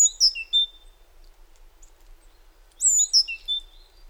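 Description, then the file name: Great tit uttering two bursts of high whistled notes that slide downward, separated by roughly two seconds of near silence. "Parus major"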